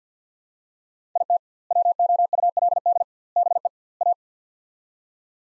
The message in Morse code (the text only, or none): IT WOULD BE A